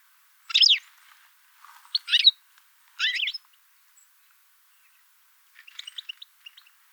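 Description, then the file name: European goldfinch giving short liquid twittered calls, three sharp bursts, then a pause and a fainter patter of small chips. "Carduelis carduelis"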